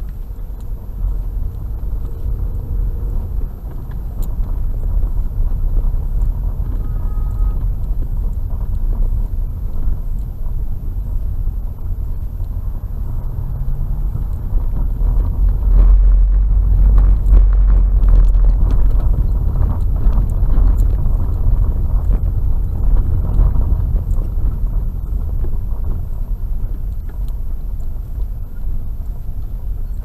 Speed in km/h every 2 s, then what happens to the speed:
11, 16, 16, 15, 14, 13, 14, 20, 22, 20, 21, 19, 12, 9, 9.
0-11 steady at about 14. 11-16 speeds up to 22. 16-21 steady at about 21. 21-25 slows to 9.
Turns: none.